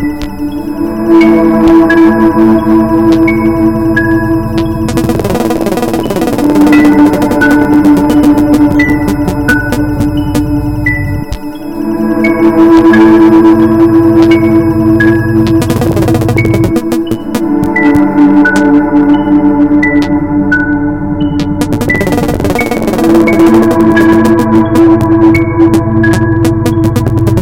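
A dense mix of environmental sounds with hard blips, over a steady low hum and sustained tones. Short bright blips repeat in clusters, and a loud cycle recurs about every five to six seconds, with crackling bursts near 5, 11, 16 and 22 seconds.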